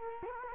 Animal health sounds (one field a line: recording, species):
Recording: mosquito wingbeat signal from an infrared sensor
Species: Culex quinquefasciatus